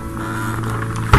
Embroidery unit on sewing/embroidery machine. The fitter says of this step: you hear the click